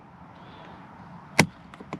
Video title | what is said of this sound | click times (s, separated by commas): Genesis Door Catch Plate Upgrade | you hear it pop out which there it is it popped right out | 1.4 s